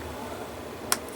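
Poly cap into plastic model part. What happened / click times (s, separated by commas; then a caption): The small plastic part snapped into place / 0.9 s. A second poly cap is pressed into the other side of a plastic model part and snaps into place. A short, sharp click sounds at 0.9 s against a quiet background, confirming the poly cap is seated.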